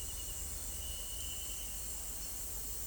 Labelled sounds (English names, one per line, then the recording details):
none
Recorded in secondary vegetation near Puerto Asís, Putumayo, Colombia, on 21 December 2024 at 18:00
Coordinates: 0.468, -76.324
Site G095